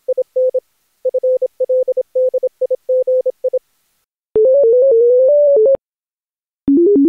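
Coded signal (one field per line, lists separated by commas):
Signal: multi-tone FSK (Olivia or MFSK type)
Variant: Contestia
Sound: morse-like beeps near 500 Hz, then a warbling tone hopping between close pitches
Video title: Daily Minutes, January 26, 2016, with contestia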